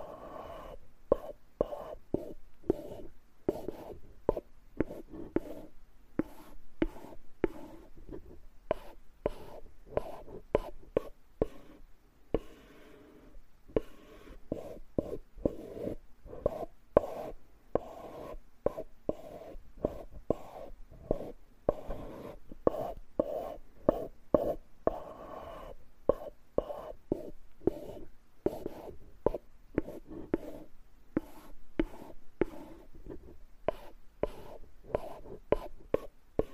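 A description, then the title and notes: Wood scraping in quick, uneven strokes, each a brief bright rasp, repeating densely throughout over a low scratchy murmur with a short lull near twelve seconds. This episode is Wood Scraping.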